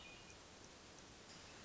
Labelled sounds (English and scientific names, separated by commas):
Hermit Thrush (Catharus guttatus)